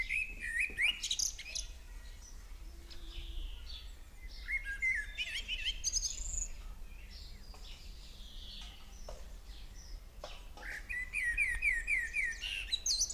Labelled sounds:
Common Blackbird song

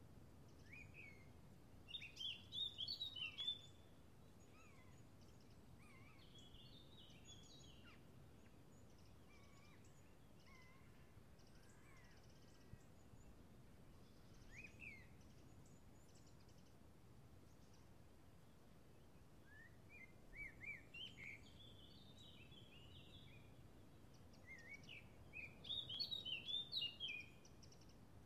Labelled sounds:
Eurasian Blackcap song

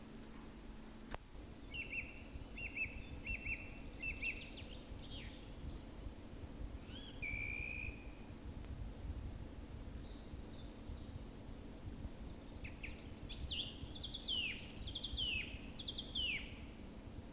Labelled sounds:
Song Thrush song

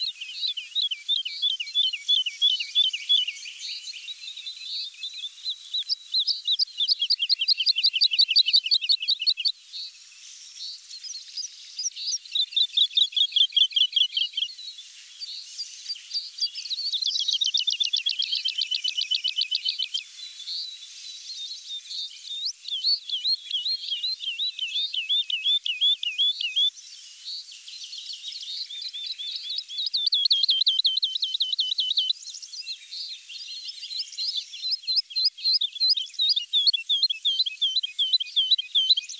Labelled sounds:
Wood Lark song

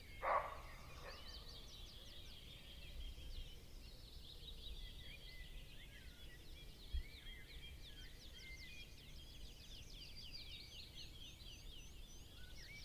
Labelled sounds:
Western Roe Deer barking

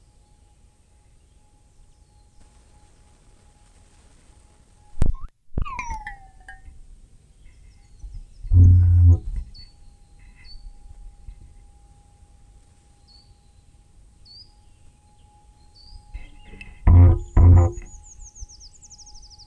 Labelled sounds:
Short-toed Treecreeper

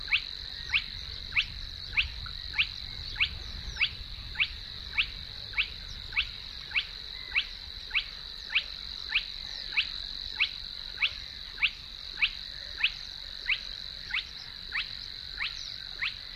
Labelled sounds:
Spotted Crake

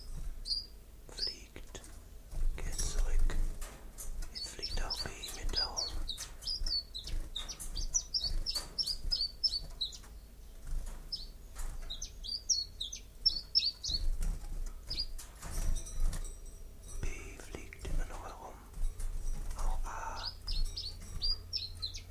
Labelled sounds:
Common Chiffchaff song

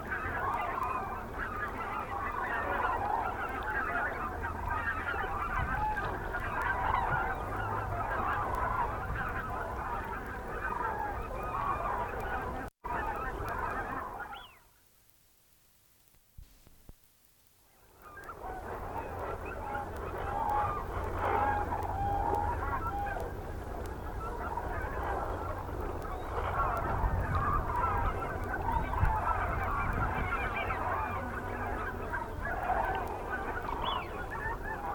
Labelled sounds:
Eurasian Wigeon call

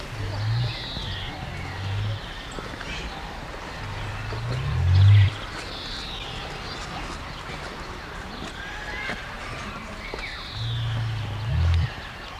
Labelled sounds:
Great Curassow call

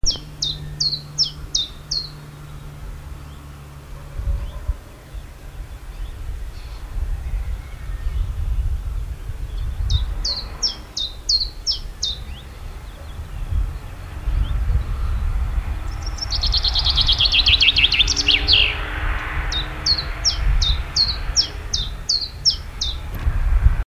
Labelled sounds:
Common Chiffchaff song
Common Chaffinch

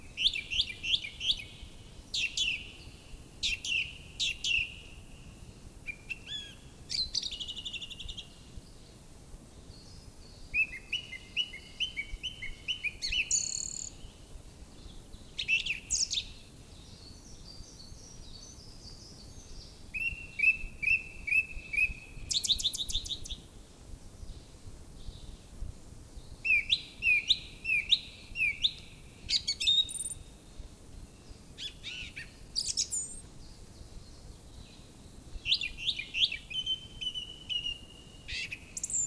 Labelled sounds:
Song Thrush song

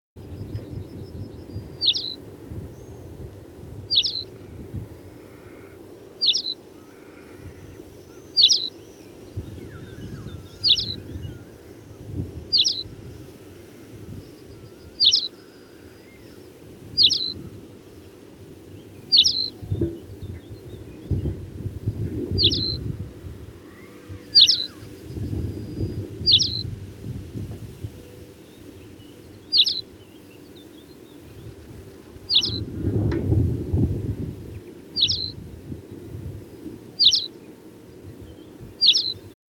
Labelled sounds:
Tawny Pipit song

